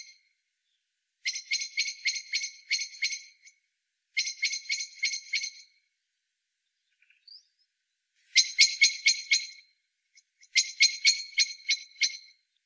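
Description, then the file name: Eurasian blackbird giving four separate bursts of rapid, dry chattering notes, with a longer quiet gap in the middle. "Turdus merula"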